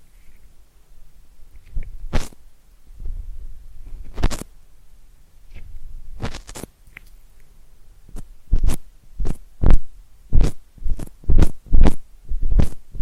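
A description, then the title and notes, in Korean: Wet mouth sounds pop and click into a pin mic, scattered at first, then falling into a quick, steady run of smacks after eight seconds. 입소리폭탄 핀마이크 괴롭히기.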